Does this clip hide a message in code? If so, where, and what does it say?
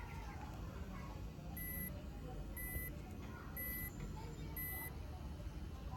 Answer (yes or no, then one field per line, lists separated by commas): no